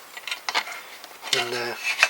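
A tight-fitting plastic part is pushed onto the chassis of an upside-down 1/16 Trumpeter US M-ATV MRAP (Oshkosh) plastic military vehicle model while someone talks. Light plastic handling taps are heard at about 0.2, 0.5 and 1.0 s. Nothing has clicked into place or seated yet.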